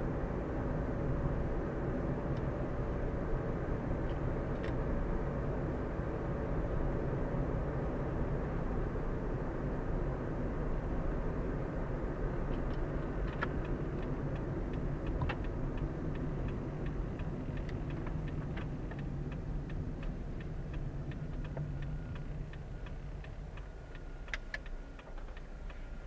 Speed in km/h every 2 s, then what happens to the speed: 48, 48, 48, 49, 48, 47, 45, 40, 30, 22, 20, 10, 4.
0-12 steady at about 48. 12-23 brakes to 4.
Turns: none.